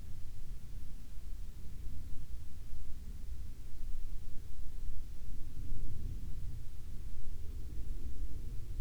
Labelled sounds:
aircraft
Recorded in the Arctic National Wildlife Refuge, Alaska, on 31 July 2019 at 15:53
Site 40

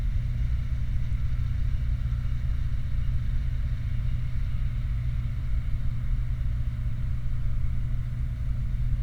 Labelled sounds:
truck
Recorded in the Prudhoe Bay oil fields, Alaska, on 29 July 2019 at 00:39
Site 29

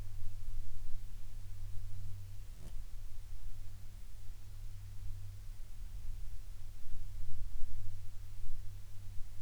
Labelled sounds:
aircraft
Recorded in the Prudhoe Bay oil fields, Alaska, on 12 August 2019 at 15:33
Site 11

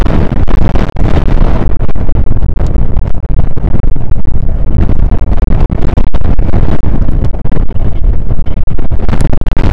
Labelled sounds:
wind
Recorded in the Prudhoe Bay oil fields, Alaska, on 1 August 2019 at 02:01
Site 29

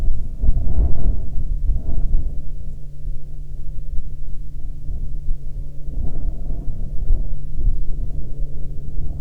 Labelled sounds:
wind, aircraft
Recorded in the Prudhoe Bay oil fields, Alaska, on 30 July 2019 at 07:37
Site 14

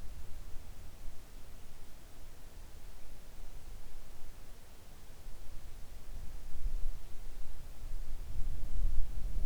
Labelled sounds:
near silence
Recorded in the Arctic National Wildlife Refuge, Alaska, on 3 August 2019 at 05:00
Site 41

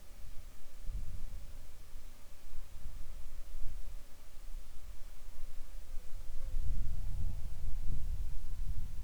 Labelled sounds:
wind, insects
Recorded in the Arctic National Wildlife Refuge, Alaska, on 7 July 2019 at 19:32
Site 41

